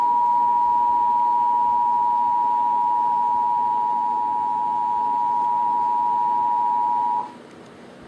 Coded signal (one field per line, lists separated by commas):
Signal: Emergency Alert System (SAME) tones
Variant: 853 and 960 Hz attention tone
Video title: (EAS #114) Real EAS Alert on WOUB PBS (Tornado Watch) (03/07/2026)